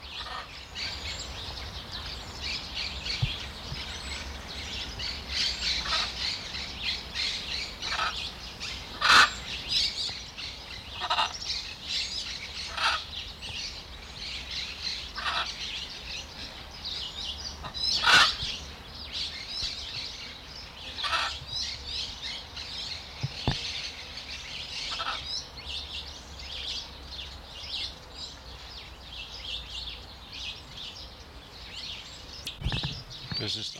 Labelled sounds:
Blue-and-yellow Macaw (Ara ararauna) call

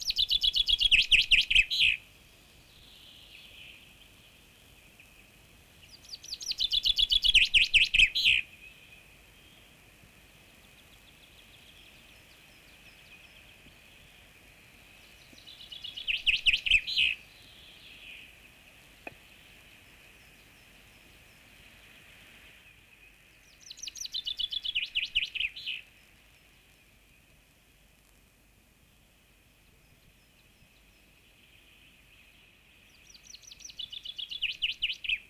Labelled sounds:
Common Chaffinch (Fringilla coelebs) song

